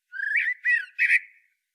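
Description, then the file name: Common blackbird calls: three notes with strong overtones in quick succession, the last one trailing off, with no other sounds. "Turdus merula"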